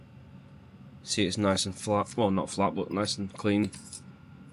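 A freshly ground (lapped) engine valve from a Land Rover Series 2A cylinder head is handled near its guide, ready to go back onto the metal valve seat. Someone talks from about 1.1 to 3.7 seconds over a low steady background hum. Nothing has seated or clicked yet.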